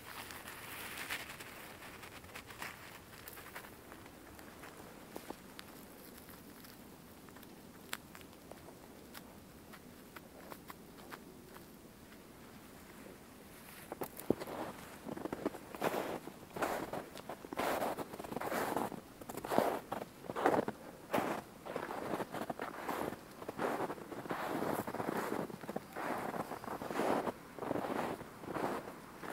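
Footsteps crunch through snow, sparse and soft for the first half, then from about 14 seconds turning into a steady, regular series of crisp, bright crunches. A low rumble and faint wind noise sit underneath throughout.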